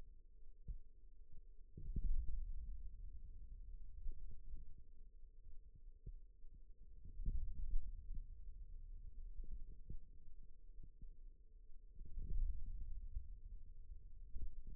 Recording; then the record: forearm muscle sounds (acoustic myography)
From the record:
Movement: ulnar deviation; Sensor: system 2, bracelet of six BSWA MPA416 microphones around the upper forearm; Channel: 4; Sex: male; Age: 22 years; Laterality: right